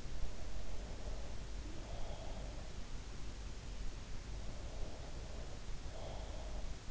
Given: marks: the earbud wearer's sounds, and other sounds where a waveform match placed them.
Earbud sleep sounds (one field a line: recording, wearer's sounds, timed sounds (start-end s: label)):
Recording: sounds in sleep by an in-ear microphone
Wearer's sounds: breath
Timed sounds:
0.34-2.68 s: breath
4.99-6.91 s: breath